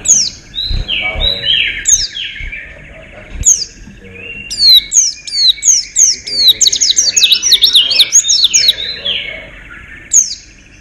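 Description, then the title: White-eye song: fast, high, sweeping whistles that run into a dense chattering trill midway, then trail off over a constant electrical-like hum. "Pleci. Haji Ifa Kudus"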